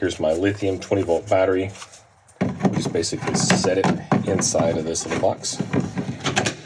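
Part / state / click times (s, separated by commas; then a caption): cordless drill battery into battery adapter mount / seated / 6.4 s, 6.5 s. A 20 V lithium cordless-drill battery is pushed into a small battery adapter box that powers camper lights while someone talks. It snaps in place with clicks at 6.4 s and 6.5 s, and the battery is seated.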